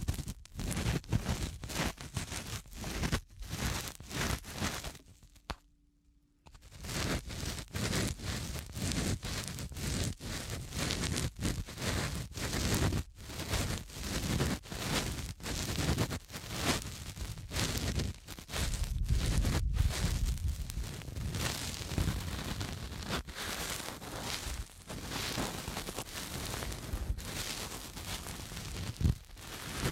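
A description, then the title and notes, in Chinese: Ear-cleaning sounds: dense, crackly scratching and rustling, with frequent sharp clicks and pops. The texture stays busy and full throughout, with a brief near-silent gap around five seconds and heavier, deeper rubbing near twenty seconds. 酥麻掏耳。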